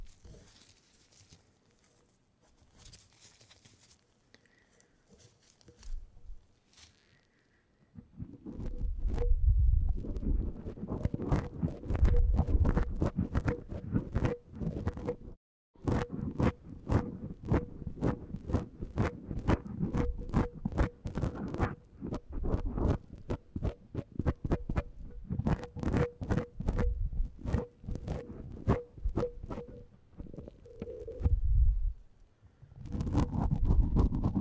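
A tip brush swishes across a microphone, producing dense, low rumbling rustles full of quick ticks and pats. The first eight seconds are nearly silent with faint clicks; brushing then runs steadily, with a brief break near 15 seconds and a pause around 31 seconds.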